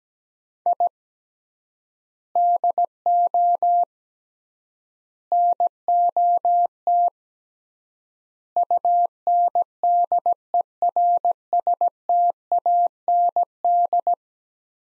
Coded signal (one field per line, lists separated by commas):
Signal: Morse code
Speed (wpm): 17 wpm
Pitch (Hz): 700 Hz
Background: none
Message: I DO NOT UNDERSTAND